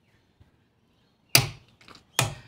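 A torque wrench, used with an extension, tightens a wheel nut on a Jayco camper trailer during a DIY service. A sharp click at 1.4 s signals that the nut has reached the right tightness and needs no further turning. Some faint rattles follow, then a second loud click at 2.2 s.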